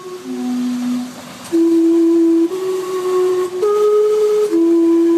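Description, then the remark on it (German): The steam-powered clock tower in Gastown, Vancouver, sounds its whistles in a slow tune of about five long, breathy held notes, each stepping to a new pitch, loud and steady with a soft hiss beneath. “Gastown mit seinem dampfbetriebenen Uhrenturm, den hübschen alten Gaslaternen und den liebevoll restaurierten Ladenfassaden ist das historische Viertel Vancouvers.”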